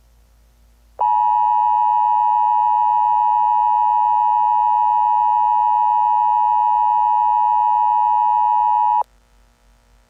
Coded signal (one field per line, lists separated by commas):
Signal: Emergency Alert System (SAME) tones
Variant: 853 and 960 Hz attention tone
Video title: EAS Scenario #56: The Awakening